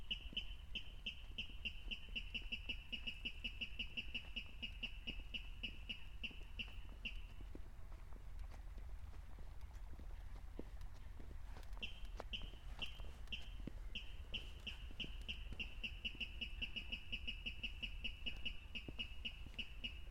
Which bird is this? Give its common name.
Water Rail